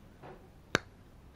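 An action camera's plastic mount buckle is pushed into a stick-on helmet base and clips in with one sharp, bright click at 0.8 s. A faint brief rustle is heard just before, around 0.3 s. The mount is seated and holds firmly, being much harder to remove once clipped in.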